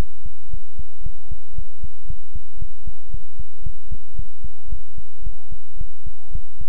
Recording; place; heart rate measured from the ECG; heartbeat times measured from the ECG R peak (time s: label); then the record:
heart sounds by stethoscope; between the tricuspid and mitral areas; 113 bpm
0.48 s: heartbeat
1.01 s: heartbeat
1.53 s: heartbeat
2.05 s: heartbeat
2.57 s: heartbeat
3.09 s: heartbeat
3.61 s: heartbeat
4.14 s: heartbeat
4.67 s: heartbeat
5.22 s: heartbeat
5.76 s: heartbeat
6.30 s: heartbeat
From the record:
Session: pedaling a stationary bicycle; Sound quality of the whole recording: good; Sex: male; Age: 24 years